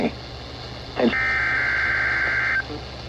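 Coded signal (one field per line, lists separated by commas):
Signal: Emergency Alert System (SAME) tones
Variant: header bursts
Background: speech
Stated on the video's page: Required Weekly Test on weather radio transmitter on 162.425 MHz, Janesville, Wisconsin.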